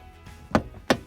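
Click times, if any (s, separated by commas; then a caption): 0.6 s, 0.9 s. On a Toyota RAV4 door during a side mirror replacement, the door trim panel's grommet clips are pressed by hand into the holes in the car door. Two sharp knocks ring out at 0.6 s and 0.9 s as the clips snap in, and the panel is seated.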